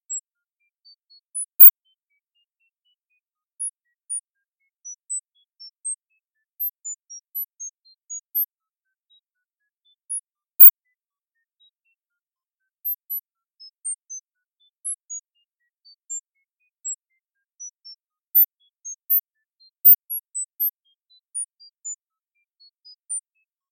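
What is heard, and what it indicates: Soft, scattered high-pitched tone pips at irregular intervals, a sound therapy demo for hyperacusis at a 0 dB level.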